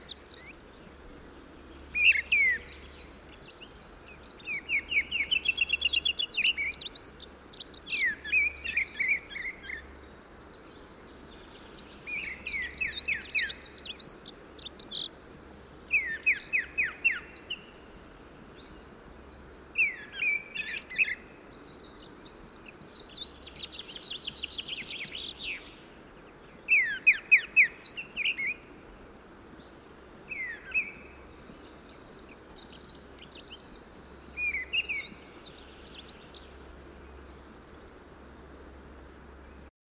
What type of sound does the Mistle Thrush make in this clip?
song